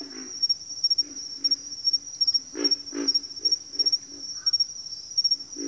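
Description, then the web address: Pig frog: low piglike grunts from a pig frog, a few louder ones among softer repeats, set against a continuous high insect buzz. Several pig frogs in a bayou. "The Natural Sounds of the Wilderness. Echoes of Nature - Bayou. Pig Frogs"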